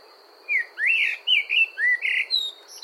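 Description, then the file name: Common blackbird song: a flowing run of about six fluty, slurred notes rising and falling, ending in a thin high squeak, over a steady high hum. "Turdus merula"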